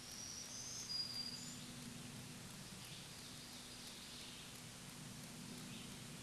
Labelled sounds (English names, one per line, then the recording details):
Black-throated Green Warbler song
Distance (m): 25 m
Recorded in a Pennsylvania forest on 1 June 2023 at 08:59
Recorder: AudioMoth, point grid3_17_high
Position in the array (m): 216 m, 140 m